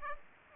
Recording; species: mosquito wingbeat signal from an infrared sensor; Aedes aegypti